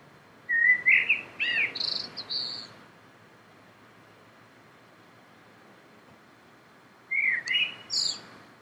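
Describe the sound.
Common blackbird giving two phrases of fluty, warbling notes that finish in high scratchy twitters, separated by about four seconds of quiet background hiss.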